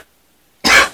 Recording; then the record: coughing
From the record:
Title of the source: 64 coughing, allergies, singing lungs